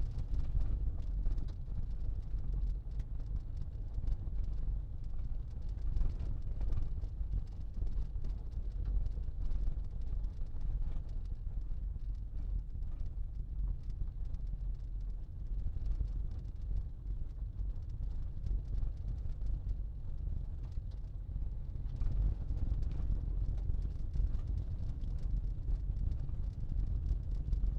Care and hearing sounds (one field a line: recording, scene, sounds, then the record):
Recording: everyday scene through a hearing-aid microphone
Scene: in a vehicle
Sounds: engine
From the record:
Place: Berlingo II, diesel engine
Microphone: in the ear canal, left